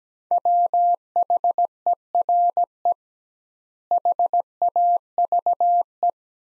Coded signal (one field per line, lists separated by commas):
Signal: Morse code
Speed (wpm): 17 wpm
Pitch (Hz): 700 Hz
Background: none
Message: WHERE HAVE